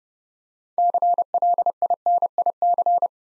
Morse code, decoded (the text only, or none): CLINIC